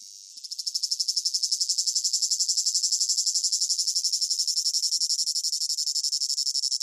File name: gain walkers CICADA Close Up Rhythmic Chirping Long Phrases Piercing Whine